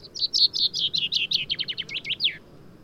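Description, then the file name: Common chaffinch song, a lively cascade of high notes gradually descending and speeding up, finishing with a clear downward-sweeping flourish over soft low noise. "Fringilla coelebs"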